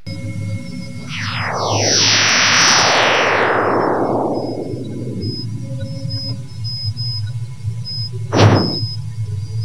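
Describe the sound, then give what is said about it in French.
Signals received from the Sun during two small solar bursts (eruptions), the first a little longer than the second, converted afterwards into sound: overlapping whistling tones glide steadily downward from high to low over a steady low hum, followed a few seconds later by one short, sharp burst. “reçues du Soleil lors de deux sursauts, de deux petites éruptions, on va dire”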